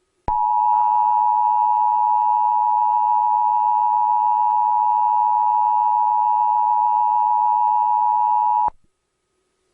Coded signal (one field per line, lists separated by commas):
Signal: Emergency Alert System (SAME) tones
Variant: 853 and 960 Hz attention tone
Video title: National Emergency Alert System Test (November 9th, 2011)